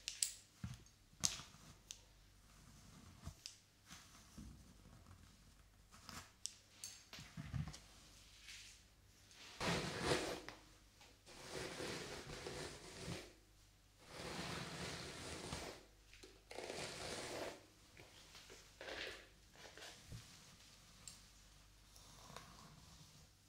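Hair being brushed in a series of stroking passes, each a soft scratchy swish lasting a second or two, with louder, longer strokes around 10, 13, 15 and 17 seconds. Short clicks and taps sit between strokes over a low steady hum.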